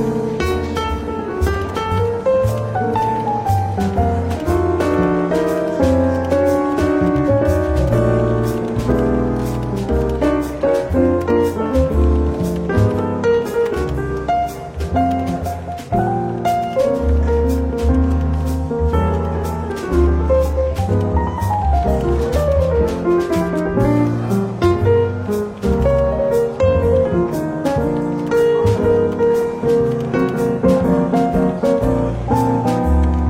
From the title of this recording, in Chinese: 伦敦书店咖啡馆轻微喧闹氛围与柔和轻松的爵士背景音乐